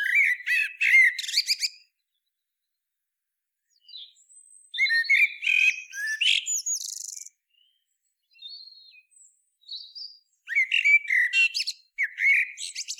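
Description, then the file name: Common blackbird singing in bursts of fast, squeaky twittering and mixed warbled notes, with pauses between phrases. "Turdus merula"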